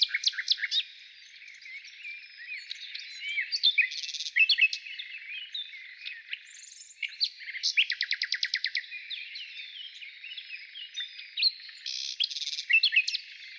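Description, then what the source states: Nightingale song with sharp repeated notes and a long rapid rattle. Morning.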